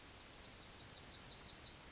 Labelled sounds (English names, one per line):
Yellowhammer song